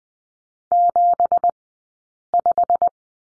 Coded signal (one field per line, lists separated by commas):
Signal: Morse code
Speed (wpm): 20 wpm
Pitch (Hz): 700 Hz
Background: none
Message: 75